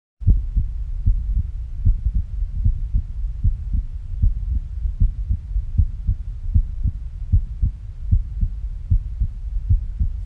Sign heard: Heartbeat.